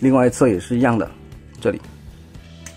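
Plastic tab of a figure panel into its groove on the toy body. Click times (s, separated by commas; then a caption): 2.7 s. Someone talks while pressing the plastic tab on the second side of a transformed toy robot figure's panel into its groove on the toy body. A sharp, short snap is heard at 2.7 s as the tab clips in, seating it so that both sides are now clipped in.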